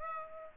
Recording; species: mosquito wingbeat signal from an infrared sensor; Aedes aegypti